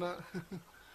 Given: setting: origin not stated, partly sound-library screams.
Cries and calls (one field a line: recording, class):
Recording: one-second piece from a danger detection set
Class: normal situation